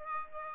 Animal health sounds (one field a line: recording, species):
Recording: mosquito wingbeat signal from an infrared sensor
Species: Aedes aegypti